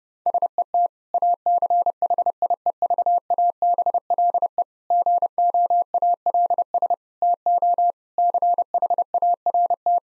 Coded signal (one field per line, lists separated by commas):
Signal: Morse code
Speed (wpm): 30 wpm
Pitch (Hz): 700 Hz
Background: none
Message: SET ACHIEVABLE GOALS TO CHART